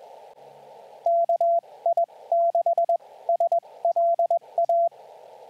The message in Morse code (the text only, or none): KI6SLA